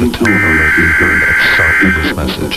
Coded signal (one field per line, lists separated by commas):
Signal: Emergency Alert System (SAME) tones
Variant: header bursts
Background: speech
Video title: THE EAS CMATFDHAL